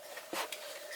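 A plastic accessory piece is pushed into an action figure's hand and pops in with a short, sharp click at 0.5 seconds, seating nice and snug. A brief rustling burst of handling comes just before it, over a steady background hiss.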